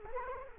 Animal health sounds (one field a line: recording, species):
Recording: mosquito wingbeat signal from an infrared sensor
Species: Culex quinquefasciatus